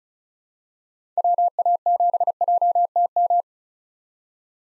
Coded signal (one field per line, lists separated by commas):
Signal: Morse code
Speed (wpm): 36 wpm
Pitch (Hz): 700 Hz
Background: none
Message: WA7JTM